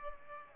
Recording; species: mosquito wingbeat signal from an infrared sensor; Aedes aegypti